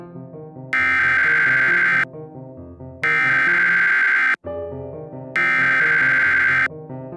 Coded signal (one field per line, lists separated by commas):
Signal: Emergency Alert System (SAME) tones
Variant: header bursts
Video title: The Corruption [FULL EAS SCENARIO]